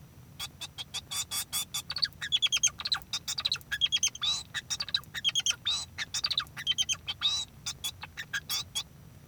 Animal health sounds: song of a male Bengalese finch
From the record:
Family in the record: son of father 2

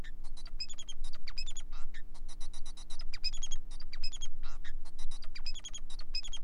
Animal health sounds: song of a male Bengalese finch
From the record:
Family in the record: son of father 4

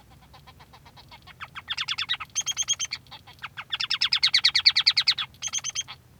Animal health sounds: song of a male Bengalese finch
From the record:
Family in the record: son of father 3

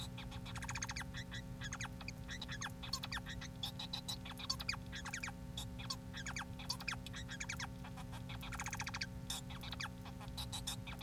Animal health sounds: song of a male Bengalese finch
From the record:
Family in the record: son of father 4

